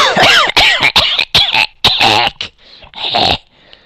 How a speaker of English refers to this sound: Got a little cough going there.